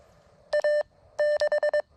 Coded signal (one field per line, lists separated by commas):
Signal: Morse code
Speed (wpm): 22 wpm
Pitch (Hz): 590 Hz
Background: none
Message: A 6